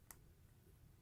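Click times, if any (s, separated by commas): none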